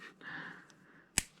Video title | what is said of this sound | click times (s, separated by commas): ZZP LS Trunion UPGRADE**MUST DO!!** | we go you positive click in there see that it's in the groove you can move it around it's not going to fall out | 1.2 s